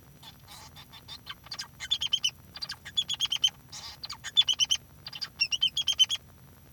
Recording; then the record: song of a male Bengalese finch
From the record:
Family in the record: son of father 2